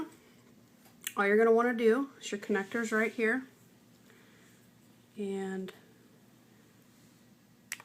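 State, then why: Released. Someone talks while a camera's board-to-board flex connector is pried off the logic board of an iPhone 3G/3GS. A single sharp click is heard at 7.7 seconds as the connector pops off and is released.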